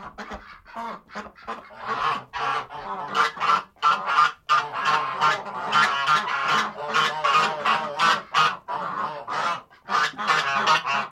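Ducks calling in a noisy flock, many harsh quacks and honks overlapping in a rapid chorus.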